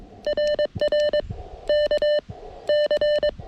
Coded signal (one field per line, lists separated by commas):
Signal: Morse code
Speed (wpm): 22 wpm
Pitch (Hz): 600 Hz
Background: none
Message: RR K C